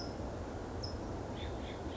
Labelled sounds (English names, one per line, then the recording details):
California Towhee
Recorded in Sonoma County, California